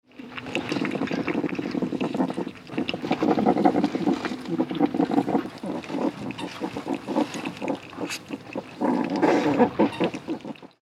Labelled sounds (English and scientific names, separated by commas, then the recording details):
West European Hedgehog (Erinaceus europaeus)
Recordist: Tembrock, Günter
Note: Lautfolgen eines Tieres, Trinkgeräusche von einem anderen